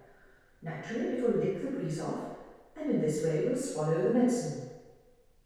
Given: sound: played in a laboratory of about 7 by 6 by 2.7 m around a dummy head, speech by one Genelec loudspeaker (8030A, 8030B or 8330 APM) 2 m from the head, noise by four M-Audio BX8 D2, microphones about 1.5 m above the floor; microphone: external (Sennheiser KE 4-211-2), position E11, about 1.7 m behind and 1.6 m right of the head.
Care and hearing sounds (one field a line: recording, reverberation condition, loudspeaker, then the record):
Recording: female speech in English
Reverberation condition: high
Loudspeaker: 150 degrees to the left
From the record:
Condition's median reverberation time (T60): about 1300 ms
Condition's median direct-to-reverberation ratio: about -4.0 dB